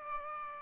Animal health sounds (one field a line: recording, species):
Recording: mosquito wingbeat signal from an infrared sensor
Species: Aedes aegypti